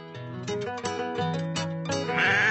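A sheep lets out a drawn-out, wavering bleat, nasal and fairly loud, rising toward the end, with no voices present.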